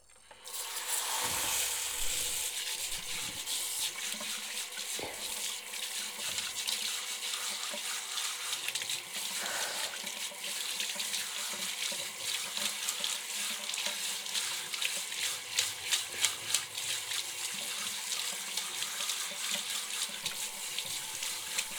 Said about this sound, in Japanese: そろそろシャワーで泡泡流すよ。 目閉じててくださいね。